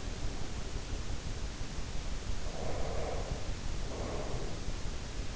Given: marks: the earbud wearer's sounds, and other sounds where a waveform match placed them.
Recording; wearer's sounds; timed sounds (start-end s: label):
sounds in sleep by an in-ear microphone; breath
2.29-4.69 s: breath